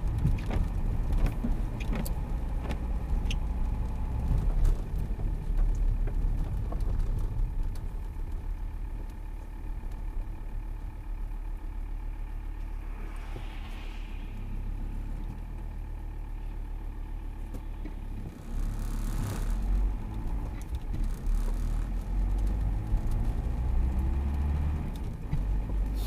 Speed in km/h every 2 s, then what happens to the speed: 29, 31, 31, 26, 17, 9, 4, 0, 0, 0, 0, 18, 23.
4-13 slows to 0. 13-20 standing. 20-26 pulls away to 23.